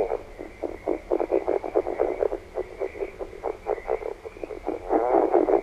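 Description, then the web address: California red-legged frog giving low guttural croaks in quick pulsed runs, almost continuous, ending in a louder rattling grunt, with a constant faint hum. North America. "Songs of Frogs Toads of North America. California Red-legged Frog"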